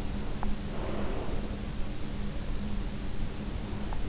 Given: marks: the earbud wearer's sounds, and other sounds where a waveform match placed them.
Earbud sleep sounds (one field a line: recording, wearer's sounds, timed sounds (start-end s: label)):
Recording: sounds in sleep by an in-ear microphone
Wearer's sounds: teeth grinding, breath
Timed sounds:
0.06-0.68 s: teeth grinding
0.68-1.62 s: breath
3.75-4.07 s: teeth grinding